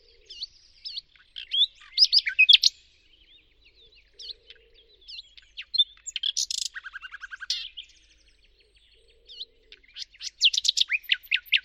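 Bird song of lively chirps and twitters in several bursts, including a rapid stuttering series of repeated notes around seven seconds and a trilled phrase at the end.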